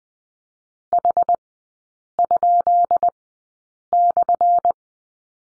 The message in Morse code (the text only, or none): H?/